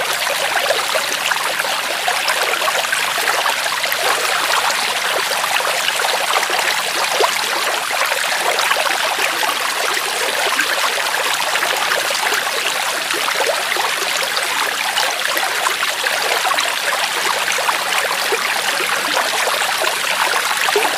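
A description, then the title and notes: Water runs steadily through a garden, a dense rush that stays even from start to finish. The sound sits bright and hissy with little low rumble, like a small stream or trickle splashing over stones, with no distinct events or other background sounds. Japanese Water Garden.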